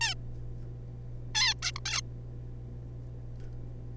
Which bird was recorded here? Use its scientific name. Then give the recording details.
Taeniopygia guttata. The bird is a juvenile. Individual R3549